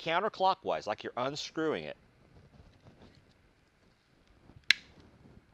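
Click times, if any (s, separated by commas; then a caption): 4.7 s. The plastic bulb holder in a Porsche Cayman's side marker light housing is twisted counterclockwise, as if being unscrewed, to remove it. Someone talks, then after a few faint handling sounds the holder releases with a single sharp snap at 4.7 s.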